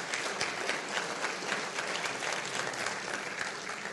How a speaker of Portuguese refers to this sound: Você pode aplaudir também Ele. Ele é bom demais.